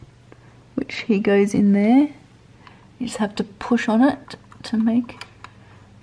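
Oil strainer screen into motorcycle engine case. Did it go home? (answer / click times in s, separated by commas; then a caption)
yes / 5.4 s. During an oil change service on a KTM 390 Adventure, the cleaned oil strainer screen is pushed back into its bore in the motorcycle engine case while someone talks. A short click at 5.4 s marks the screen seating in place.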